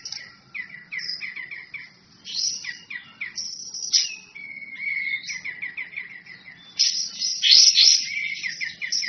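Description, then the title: Songbird singing lively chirps and trills, including a steady whistle followed by a fast run of repeated notes and a louder burst near the end. Masteran bird-song compilation, described as the most complete. "Masteran burung terlengkap"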